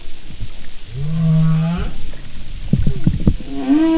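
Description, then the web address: Humpback whale sounds: a low steady moan, then a burst of knocking pulses, ending with a rising harmonic cry. "Marine Mammals humpback"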